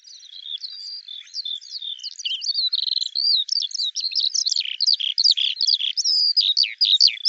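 Eurasian skylark song, a rapid, continuous high warble of chirps, slurs and twitters running without pause and growing louder toward the end.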